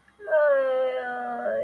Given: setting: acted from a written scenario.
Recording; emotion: vocal sound without words; pain